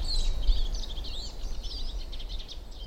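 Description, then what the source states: Eurasian siskin gives quick high twittering notes and short slurs over a low background rumble. Several siskins about 10 metres away, up in spruces, foraging and very active, flying quickly between spots; spring forest, end of March.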